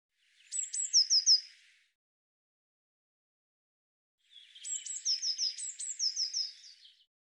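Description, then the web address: Eurasian blue tit call: a short run of sharp, high, descending notes followed by lower tinkling notes, then a longer second burst after a silent gap. "Deverinetal"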